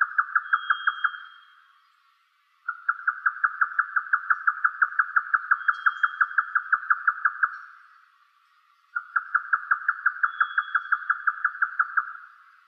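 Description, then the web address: Grey nightjar giving rapid, evenly spaced knocking notes in long bouts separated by short pauses; a faint thin high whistle sounds in the background. "yotaka"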